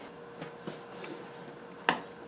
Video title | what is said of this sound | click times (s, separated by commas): Installing the AC Compressor on Fourth Gen Mustang GT Part One, How to disconnect AC Lines and Flush | There, you heard that sound, it snapped in place, and after that just pull it out. | 1.9 s